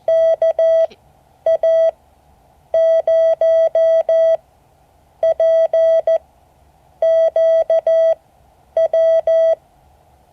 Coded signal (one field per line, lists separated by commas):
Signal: Morse code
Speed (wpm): 14 wpm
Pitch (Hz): 650 Hz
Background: none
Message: KA0PQW